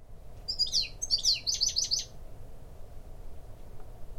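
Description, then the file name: European goldfinch calls: a quick series of bright, chattering, tinkling notes in the first two seconds, then quiet apart from low background hum. "Carduelis carduelis"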